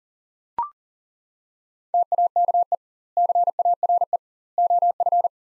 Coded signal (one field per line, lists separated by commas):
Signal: Morse code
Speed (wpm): 40 wpm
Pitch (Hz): 700 Hz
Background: none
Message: TAKE CARE OF